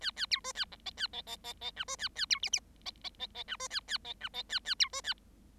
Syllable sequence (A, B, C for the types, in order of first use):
A A B C A D E A E E E E F C A A B G G E E E E F C A A E F E A A B C A